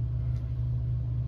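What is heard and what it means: A pickup wire is routed through a small gap and pressed into the roller connection slot in the truck of a LionChief Plus O gauge GP-7 diesel locomotive, which runs with a shimmy that a poorly seated connection could cause. Only a steady low hum and rumble is heard, with no distinct click or sharp sound. Nothing has seated or clicked yet.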